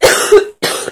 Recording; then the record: coughing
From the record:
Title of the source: 30 Chesty and wet cough